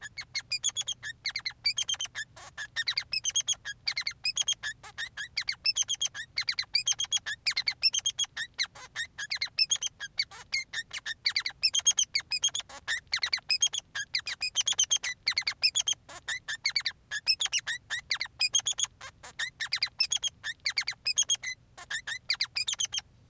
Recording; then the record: song of a male Bengalese finch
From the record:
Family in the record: son of father 3